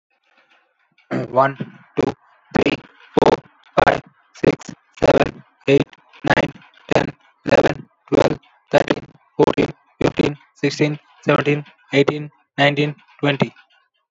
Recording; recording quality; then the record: counting at a normal pace; moderate, slight background noise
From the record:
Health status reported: COVID-19 positive, moderate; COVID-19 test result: positive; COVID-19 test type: RT-PCR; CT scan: not taken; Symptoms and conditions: cough, cold, fever, fatigue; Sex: male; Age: 35 years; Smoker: no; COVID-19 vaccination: both doses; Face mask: not worn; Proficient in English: yes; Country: India